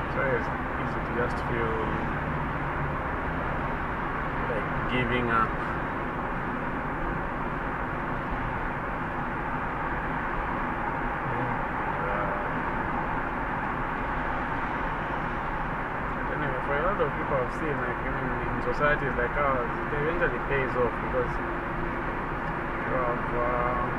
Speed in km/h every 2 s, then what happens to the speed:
56, 58, 60, 59, 58, 58, 60, 60, 59, 58, 59, 59.
0-24 steady at about 59.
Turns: none.